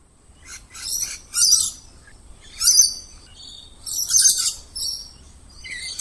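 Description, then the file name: Lorikeet calls: harsh, buzzy, very high screeches in uneven bursts, a few squeaky notes between, over a quiet background. "Лори -Лорикет -Попугай -Голоса-птиц"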